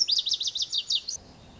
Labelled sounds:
Lazuli Bunting (Passerina amoena)
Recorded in Sonoma County, California

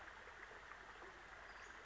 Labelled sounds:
Western Flycatcher (Empidonax difficilis)
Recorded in Sonoma County, California

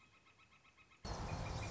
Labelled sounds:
Northern Flicker (Colaptes auratus)
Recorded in Sonoma County, California

